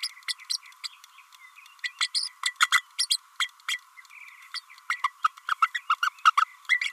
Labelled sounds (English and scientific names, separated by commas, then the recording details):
Green-rumped Parrotlet (Forpus passerinus) babbling
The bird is a female
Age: 30 days
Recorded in a nest box in Venezuela
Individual 17B32A5